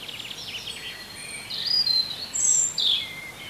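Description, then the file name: European robin song: high, thin whistled notes sliding up and down. "Erithacus rubecula"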